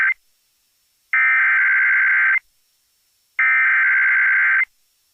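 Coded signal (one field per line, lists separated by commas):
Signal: Emergency Alert System (SAME) tones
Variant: header bursts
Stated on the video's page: Severe thunderstorm warning received on AM broadcast station.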